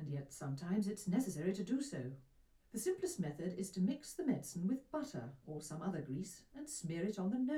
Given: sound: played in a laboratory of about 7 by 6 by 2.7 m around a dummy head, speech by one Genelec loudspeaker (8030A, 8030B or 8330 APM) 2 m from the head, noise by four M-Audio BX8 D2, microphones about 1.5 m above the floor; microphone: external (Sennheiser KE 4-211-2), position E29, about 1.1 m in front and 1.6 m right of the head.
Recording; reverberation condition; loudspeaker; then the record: female speech in English; low; behind (180 degrees)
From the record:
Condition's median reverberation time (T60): about 310 ms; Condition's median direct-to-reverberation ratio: about 3.5 dB